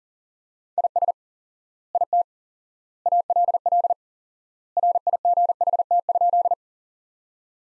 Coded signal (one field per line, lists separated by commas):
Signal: Morse code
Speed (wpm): 40 wpm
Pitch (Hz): 700 Hz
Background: none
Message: IS IT ALL RIGHT?